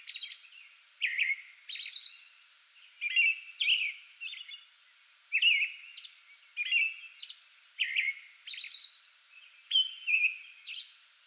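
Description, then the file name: American robin song: a series of warbled phrases with high thin squeaky notes, coming every second or so. Singing before dawn from a small tree in a front yard, 8 May 2022. "2022-05-08 American Robin pre-dawn singing from small tree in front yard"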